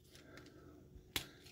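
On a transforming toy, the arm's black plastic section is folded down and its peg is pressed into the gray arm section on the second side, a tight fit. A few faint ticks of handling come first, then a sharp, loud snap at 1.2 s as the peg seats into place.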